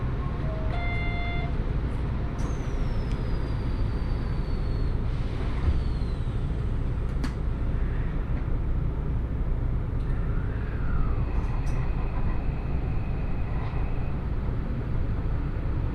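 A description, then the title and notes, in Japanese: A steady, heavy low rumble of a moving train fills the whole recording at an even level. A short electronic chime sounds near the start, then a high whine slides downward for a few seconds, and later a brief rising-and-falling tone and a thin steady whistle appear. 鉄道旅 大物→梅田→蛍池→大阪空港。蛍池で大阪モノレールに乗り換えて１駅先の大阪空港へと向かいます。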